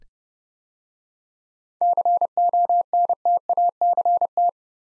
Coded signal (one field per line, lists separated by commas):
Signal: Morse code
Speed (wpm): 30 wpm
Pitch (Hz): 700 Hz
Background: none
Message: CONTACT